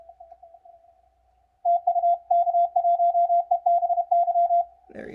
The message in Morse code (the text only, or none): TU K1EBY